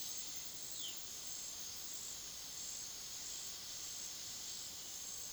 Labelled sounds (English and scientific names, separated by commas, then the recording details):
Violaceous Jay (Cyanocorax violaceus)
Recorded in pastures near Puerto Asís, Putumayo, Colombia, on 19 February 2024 at 18:00
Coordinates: 0.497, -76.327
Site G7276